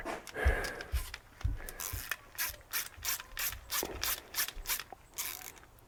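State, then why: Stripped. A ratchet works the stripped bleeder valve on the removed clutch slave cylinder from a 2001 KTM 250sx, giving a steady run of short, bright ratcheting bursts. The stripped bleeder just spins in circles and will not come out, so nothing has seated or clicked.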